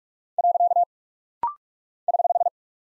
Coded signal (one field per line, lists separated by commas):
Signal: Morse code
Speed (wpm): 44 wpm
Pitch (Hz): 700 Hz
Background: none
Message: . <HH>